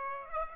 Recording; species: mosquito wingbeat signal from an infrared sensor; Aedes aegypti